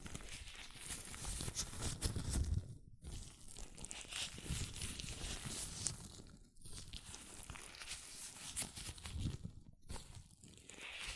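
Latex gloves rub and crinkle in dense, rustling bursts, broken by short silent gaps near three, six and a half, and ten seconds.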